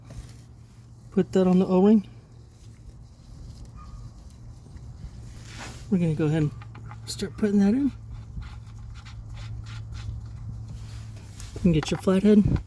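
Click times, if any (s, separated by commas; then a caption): none. A plastic oil drain plug for the engine oil pan of a 2019–2023 Mercedes CLS 53 AMG (C257) has its O-ring oiled, then is handled and lined up before being pushed in; its tab is meant to clip and lock in place once flush. Someone talks over a low steady hum, with faint handling sounds around 3.7 s, 4.3 s and 11.4 s. Nothing has seated or clicked yet.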